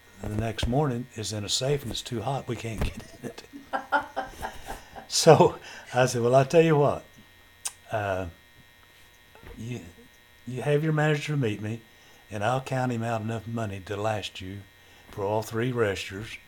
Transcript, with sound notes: the next morning is in a safe and it's too hot, we can't get in it." (Laughter) So I said, "Well I tell you what, you have your manager meet me and I'll count him out enough money to last you for all three registers